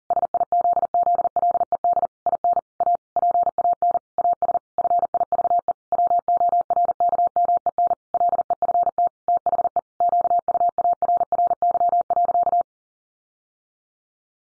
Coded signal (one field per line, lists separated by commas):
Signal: Morse code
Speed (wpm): 40 wpm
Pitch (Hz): 700 Hz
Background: none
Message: SIZZLED IN A PAN AS FIVE WORKMEN LEFT THE QUARRY.